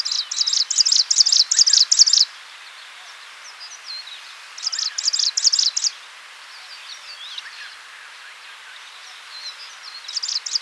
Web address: striated prinia song